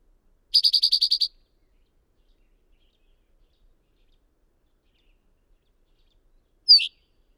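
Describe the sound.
Bird gives a quick trill of eight high buzzy notes, then a long silence before a single sharp, falling chirp near the end.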